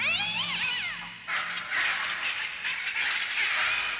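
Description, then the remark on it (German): A cat screeches with a wavering, rising and falling yowl, then harsh, frantic shrieking from a budgerigar and the cat blends into a continuous loud, high-pitched racket with no talking. “drang aus Quentins Zimmer jämmerliches Vogelgeschrei und wildes Katzenkreischen”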